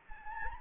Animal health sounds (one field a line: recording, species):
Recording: mosquito wingbeat signal from an infrared sensor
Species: Anopheles gambiae